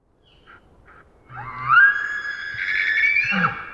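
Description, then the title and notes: Elk scream: a few short soft notes, then a loud, rising whistled shriek held for about two seconds that drops to a low note at the end. Multiple herds screaming around a campsite in the early morning hours, Pacific Northwest, Washington, United States. "Wild Elk Screams. Elk Screams, multiple herds surround campsite in early morning hours, Recorded in the Beautiful Pacific Northwest in Washington, Untied States"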